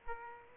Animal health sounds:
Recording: mosquito wingbeat signal from an infrared sensor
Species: Aedes aegypti

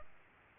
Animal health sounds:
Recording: mosquito wingbeat signal from an infrared sensor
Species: Culex pipiens

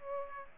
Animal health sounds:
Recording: mosquito wingbeat signal from an infrared sensor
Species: Aedes aegypti

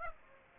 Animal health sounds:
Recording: mosquito wingbeat signal from an infrared sensor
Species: Aedes aegypti

